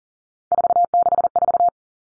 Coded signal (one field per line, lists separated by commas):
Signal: Morse code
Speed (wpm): 40 wpm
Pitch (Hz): 700 Hz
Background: none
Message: 464